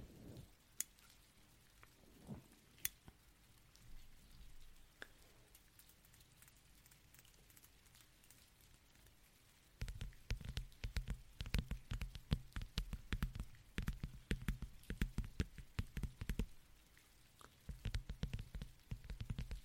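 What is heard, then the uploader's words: Rain begins sparse and quiet, with scattered single drops ticking over a hushed background. Around the halfway point it thickens abruptly into a dense patter of crisp hits over a low rumble, staying heavy and busy through the end. ASMR Energy rain (+ pluie).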